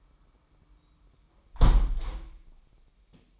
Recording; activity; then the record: daily activity, microphone in the room; close window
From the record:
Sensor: 1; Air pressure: 998.6 hPa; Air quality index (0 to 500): 130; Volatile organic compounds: 4 ppm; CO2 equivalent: 1558 ppm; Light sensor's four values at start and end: 9/21/9/11 and 9/21/8/10